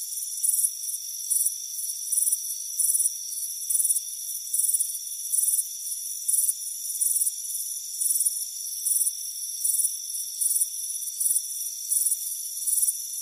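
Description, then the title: Cricket song of brief shrill pulsed chirps, evenly repeated roughly every second over a steady high hum. Crickets chirping on a front porch on a warm afternoon. "Soothing Crickets Chirping Sound"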